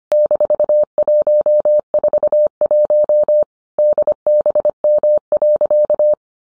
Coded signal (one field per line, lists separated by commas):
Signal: Morse code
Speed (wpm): 25 wpm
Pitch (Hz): 600 Hz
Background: none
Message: -141 DBM.